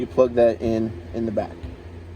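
A small white harness connector is handled at the back of a Toyota remote start control module, white to white, while someone talks over a steady low hum. Nothing has seated or clicked yet.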